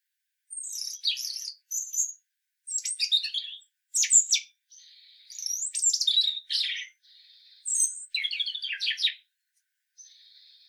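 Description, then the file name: European robin singing varied high warbling phrases, mixing liquid trills with drawn-out steady whistled tones, phrases separated by short pauses. "Erithacus rubecula"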